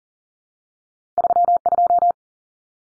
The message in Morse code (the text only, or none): 32